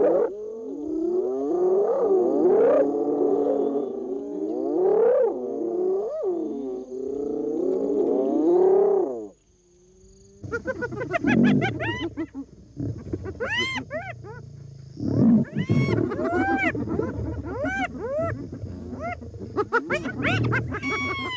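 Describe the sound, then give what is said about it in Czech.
Four hyenas, side by side about 5 metres away, roar and call aggressively, with low rising growls and moans at first, then a burst of high, sharp whoops and cackling yelps that overlap in a frantic chorus. “Vždycky 4 hyeny, bok po boku, těsně u sebe. Jejich řev je stále zvučnější, agrese a strach.”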